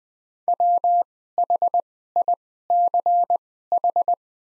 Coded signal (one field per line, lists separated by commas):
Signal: Morse code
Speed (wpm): 20 wpm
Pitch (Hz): 700 Hz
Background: none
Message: WHICH